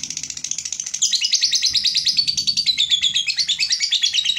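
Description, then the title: Lovebird song, a fast continuous run of high chattering, twittering notes that grows louder after the first second and keeps a steady rapid pulse throughout. Lovebird whose singing style is described as very clever at baiting, prompting other birds to sing. "Dari Gayanya Lovebird Ini Terlihat Pintar Sekali Memancing"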